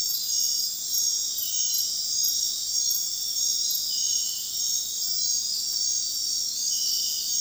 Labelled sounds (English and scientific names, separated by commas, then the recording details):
none
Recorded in dense forest near Puerto Asís, Putumayo, Colombia, on 21 February 2024 at 00:30
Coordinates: 0.466, -76.327
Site G6413